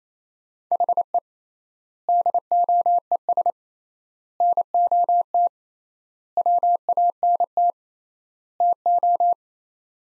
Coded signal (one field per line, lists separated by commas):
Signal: Morse code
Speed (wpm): 28 wpm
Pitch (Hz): 700 Hz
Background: none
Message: HE DOES NOT WANT TO